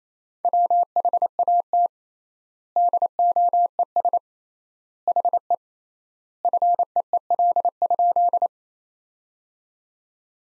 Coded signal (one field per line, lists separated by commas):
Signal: Morse code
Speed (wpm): 28 wpm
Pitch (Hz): 700 Hz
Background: none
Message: WHAT DOES HE FEEL?